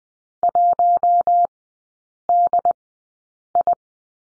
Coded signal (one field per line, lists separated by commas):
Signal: Morse code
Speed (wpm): 20 wpm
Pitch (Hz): 700 Hz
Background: none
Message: 1DI